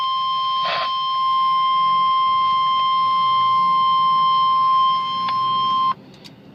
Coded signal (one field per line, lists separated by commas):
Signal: Emergency Alert System (SAME) tones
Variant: 1050 Hz attention tone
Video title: Special Marine Warning (EAS#40)